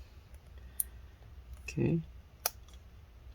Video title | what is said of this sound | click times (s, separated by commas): Lenovo Legion 5 15IMH05H Disassembly RAM SSD Hard Drive Upgrade Battery Screen Replacement Repair | the connector in all the way felt it click we'll click this down | 0.8 s